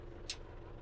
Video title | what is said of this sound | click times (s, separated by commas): Вносимо гербіцид на пшеницю і ячмінь . МТЗ 82.1 | Тросик стає на місце. | 0.3 s